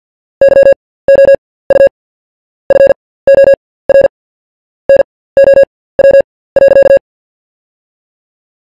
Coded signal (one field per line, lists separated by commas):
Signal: Morse code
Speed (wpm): 48 wpm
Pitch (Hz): 550 Hz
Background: none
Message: YOU FOR NOW.